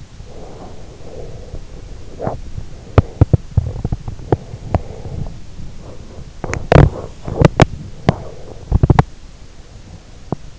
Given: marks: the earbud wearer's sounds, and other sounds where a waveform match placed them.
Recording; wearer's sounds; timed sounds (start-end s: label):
sounds in sleep by an in-ear microphone; breath, body movement, teeth grinding
0.28-2.22 s: breath
0.28-10.59 s: body movement
4.55-6.46 s: breath
6.61-9.24 s: teeth grinding
10.22-10.59 s: teeth grinding